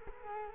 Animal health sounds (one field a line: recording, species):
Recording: mosquito wingbeat signal from an infrared sensor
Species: Culex quinquefasciatus